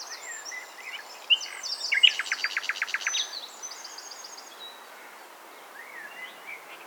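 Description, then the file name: Common nightingale song: a phrase of sharp notes and a rapid rattling series, then soft faint notes. "Luscinia megarhynchos"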